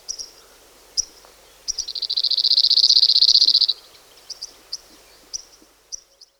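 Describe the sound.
Cirl bunting singing one level, rapid metallic trill lasting nearly two seconds, framed by sparse sharp high chips and ticks.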